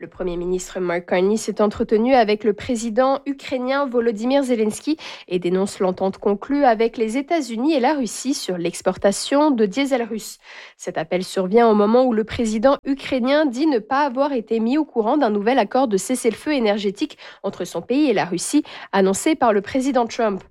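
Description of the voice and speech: A woman reads a French-language radio news bulletin on 860 AM in Toronto, in clear, fluent, evenly paced speech with ordinary voice quality.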